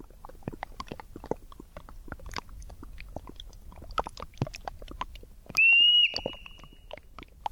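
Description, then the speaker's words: Olympic marmot whistle: one clear, high whistle lasting about half a second, over constant crackling and clicking. Endangered species, endemic to Olympic National Park. "That's the Olympic marmot, by the way. That's an endangered species. It's an endemic just there at Olympic National Park."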